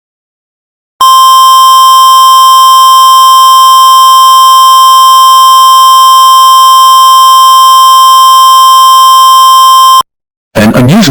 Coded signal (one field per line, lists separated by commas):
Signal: Emergency Alert System (SAME) tones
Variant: 1050 Hz attention tone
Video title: EAS Mock #3: (Rare Toned) Special Weather Statement For High Winds